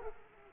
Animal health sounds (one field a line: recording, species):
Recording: mosquito wingbeat signal from an infrared sensor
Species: Culex quinquefasciatus